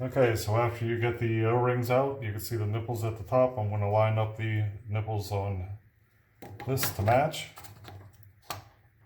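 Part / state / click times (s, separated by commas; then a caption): faucet cartridge into bathroom faucet body / seated / 8.5 s. Someone talks while a replacement cartridge for a Kraus bathroom faucet, ordered from the company, has its O-rings out and its top nipples lined up to be wiggled into the faucet body. After a quiet gap and a little more talk, faint ticks come at 7.9 and 8.2 seconds. A sharp tick at 8.5 seconds marks the cartridge popping into place, seated.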